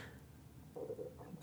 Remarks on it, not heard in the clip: I think that was my stomach. I just ate too. I'm not even hungry. So that must be my food settling.